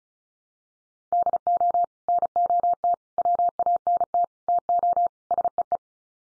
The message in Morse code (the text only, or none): DO NOT WANT TO SEE